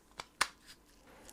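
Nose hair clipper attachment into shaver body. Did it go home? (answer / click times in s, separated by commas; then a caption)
yes / 0.4 s. A plastic nose-hair clipper attachment is pushed onto a shaver body in place of its head and twisted until it locks. A light tick at 0.2 s is followed by a sharp, bright click at 0.4 s, with a faint tick near 1.3 s. The attachment is locked in place on the shaver.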